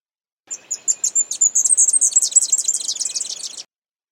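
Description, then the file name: Leaf warbler singing one high-pitched phrase of about three seconds: a few thin opening notes, then a quickening, tumbling twitter of sharp chirps. "suara kicauan burung cikrakperi biru. omkicau"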